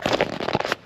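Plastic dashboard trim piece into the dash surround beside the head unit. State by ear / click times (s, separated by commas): not seated / none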